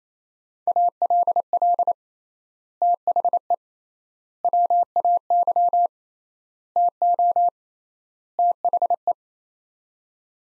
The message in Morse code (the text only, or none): ALL THE WAY TO THE